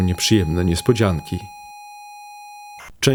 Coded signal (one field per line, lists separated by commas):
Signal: ZX Spectrum tape loading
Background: speech